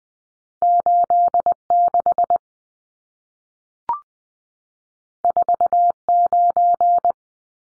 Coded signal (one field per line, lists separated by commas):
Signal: Morse code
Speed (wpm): 20 wpm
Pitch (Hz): 700 Hz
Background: none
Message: 86 49